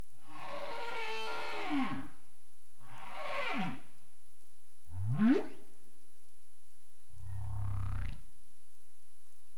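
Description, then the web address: Humpback whale vocal units: two falling harmonic moans, a quick rising upsweep, then a deep rumbling grunt, in a slow series against low background noise. Recorded 27 April 2035 at 21:53:31 UTC. "CARIMAM. humpback whale 20350427 215331 UTC"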